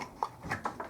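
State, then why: Seated. A new paper oil filter cartridge is pushed into the plastic filter housing cap of a 1.2 engine during an oil service, just before the housing goes back on the car. It clicks into place at 0.2 s with a sharp snap, followed by several softer handling knocks and rustles. Someone talks.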